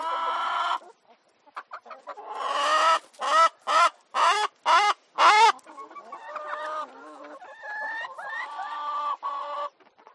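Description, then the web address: Chicken calls: a series of loud, harsh squawks in quick bursts, followed by softer clucks. Chickens in a chicken coop. "sound effects adam a johnson. Chicken Coop"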